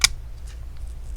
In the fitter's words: all right you will hear the click when you push it down and that should do it